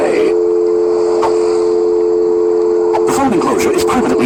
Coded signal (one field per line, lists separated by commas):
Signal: telephone call progress tone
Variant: North America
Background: speech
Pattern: dial tone